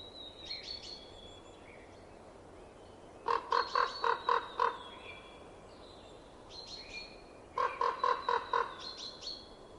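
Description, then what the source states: Common raven giving two quick bursts of hollow, knocking notes, several pulses each. Recorded in winter.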